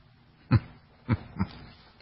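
Three short, low-pitched cough bursts from an adult man come within about a second: one stronger cough, then two weaker ones close together. The coughs are muffled and deep-sounding, with a quiet background between them. He is being treated with Lasix for heart failure with fluid retention, after earlier prednisone, and the cough may be related to the medication.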